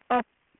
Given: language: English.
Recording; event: throat vibration sensor signal played as sound; speech